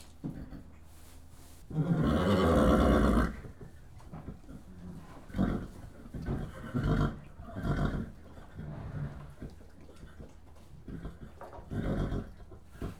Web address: BBC Sound Effects Library Horses whickering in stables